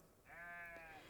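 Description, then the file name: Sheep bleat: one sustained nasal cry of about three quarters of a second, rich in harmonics, with faint background hiss. "nolana schafe"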